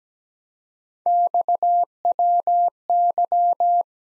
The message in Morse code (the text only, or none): XWY